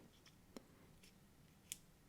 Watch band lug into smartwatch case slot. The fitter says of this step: and you hear that little click